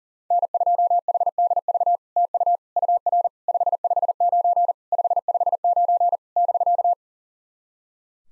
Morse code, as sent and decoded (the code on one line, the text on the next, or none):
-. ..--- .... -.. ...- / - ..- / ..- .-. / ..... ..... ----. / ..... ..... ----. / -...-.-
N2HDV TU UR 559 559 <BK>